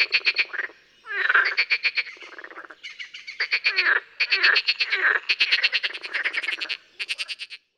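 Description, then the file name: Marsh frog giving harsh, pulsed laughing croaks in quick trains, with brief pauses between them. "Grenouille rieuse"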